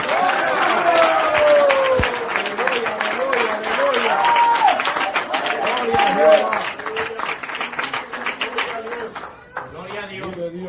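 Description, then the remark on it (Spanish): An audience applauds in a dense, steady wash of clapping for about ten seconds, with voices calling out over it, thinning slightly toward the end. “Esos aplausos son para el presidente Biden, ¿verdad, hermano?”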